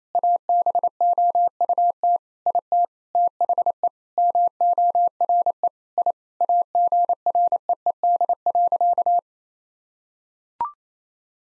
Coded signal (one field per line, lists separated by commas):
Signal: Morse code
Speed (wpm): 28 wpm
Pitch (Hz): 700 Hz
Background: none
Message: ABOUT IT THE MORE I AGREED.